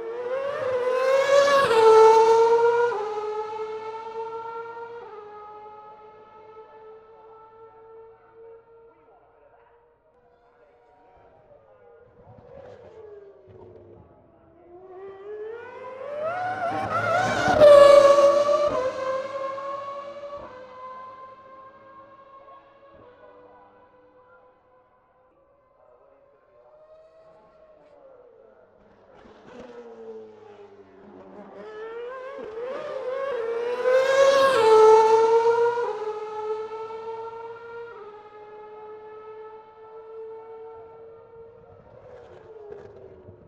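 Formula 1 V8 and V10 cars scream past in three separate passes, roughly every sixteen seconds. Each pass swells to a piercing, high engine wail, drops in pitch as the car goes by, then fades, leaving quiet gaps between runs.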